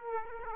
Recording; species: mosquito wingbeat signal from an infrared sensor; Aedes aegypti